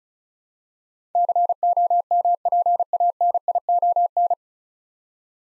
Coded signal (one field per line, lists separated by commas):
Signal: Morse code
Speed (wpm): 36 wpm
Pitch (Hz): 700 Hz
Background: none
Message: COMPANION